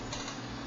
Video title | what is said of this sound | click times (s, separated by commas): Standard Gun Cleaning and Springfield XD 40 review | it's locked into place | 0.1 s